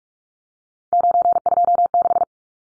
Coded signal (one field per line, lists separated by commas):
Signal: Morse code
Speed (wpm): 44 wpm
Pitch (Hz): 700 Hz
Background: none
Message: 926